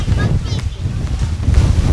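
Low, rumbling wind buffets an outdoor microphone by the sea waves in steady gusts, with a dense roar at the bottom and faint hiss above, swelling louder toward the end.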